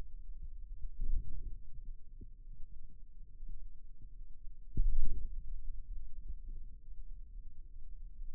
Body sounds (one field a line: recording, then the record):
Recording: forearm muscle sounds (acoustic myography)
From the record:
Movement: radial deviation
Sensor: system 2, bracelet of six BSWA MPA416 microphones around the upper forearm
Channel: 6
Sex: male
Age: 22 years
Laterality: right